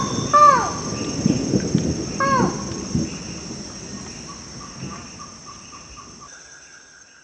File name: buckleys forest falcon